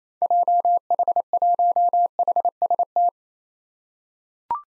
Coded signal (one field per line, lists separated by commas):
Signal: Morse code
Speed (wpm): 27 wpm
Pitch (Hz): 700 Hz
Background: none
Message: JH1HST